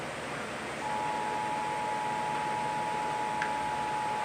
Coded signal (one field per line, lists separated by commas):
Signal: Emergency Alert System (SAME) tones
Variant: 853 and 960 Hz attention tone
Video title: National EAS Test Compilation 9/27/17 (EAS#181-186)